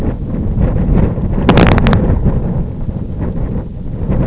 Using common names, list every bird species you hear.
none